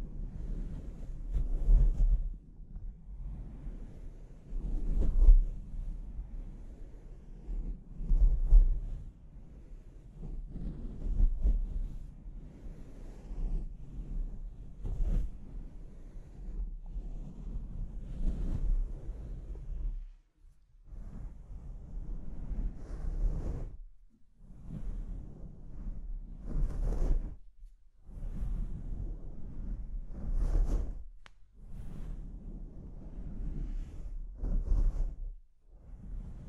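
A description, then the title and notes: Microphone scratching: rough, uneven rubbing and scraping noises, mostly low and rumbling, with brief bright scratches and short silent gaps after twenty seconds. ASMR Brain Melting Mic Scratching (No Talking).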